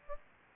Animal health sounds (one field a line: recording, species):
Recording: mosquito wingbeat signal from an infrared sensor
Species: Aedes albopictus